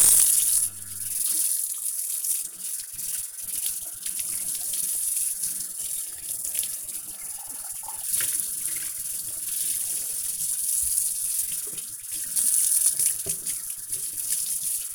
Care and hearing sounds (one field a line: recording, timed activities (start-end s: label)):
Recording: household activities, microphone on the right wrist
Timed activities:
0.00-14.95 s: washing dishes